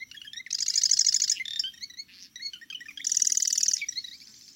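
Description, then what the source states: Marsh Wren song: two bursts of rapid, buzzy chattering trills, each about a second long, separated by scratchy notes and short clicking phrases. Male may sing straight through the night; song includes an often repeated chugging phrase, like a sewing machine or toy machine gun.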